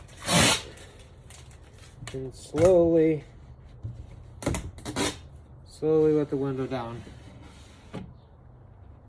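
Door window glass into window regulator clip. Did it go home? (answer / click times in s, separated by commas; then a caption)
no / none. Someone talks while the rear door window glass of a 2007–2011 Jeep JK is slowly lowered into the clip of a new window regulator, with a few short knocks and handling sounds along the way. The glass has not yet clicked into the regulator clip; nothing has seated.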